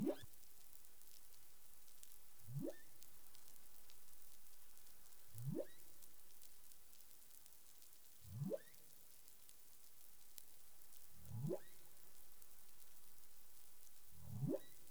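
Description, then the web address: Humpback whale calls, a series of rising upsweeps repeated about every three seconds, over a steady hiss and faint clicks. Caribbean, 20 April 2021, 04:02 UTC. "humpback whale 20210420 040242 UTC"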